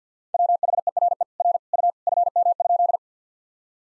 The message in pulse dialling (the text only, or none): none